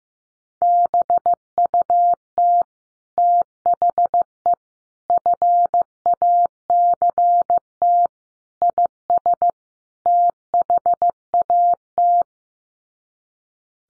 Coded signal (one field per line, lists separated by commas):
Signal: Morse code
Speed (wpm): 15 wpm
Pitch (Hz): 700 Hz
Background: none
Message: BUT THE FACT IS THAT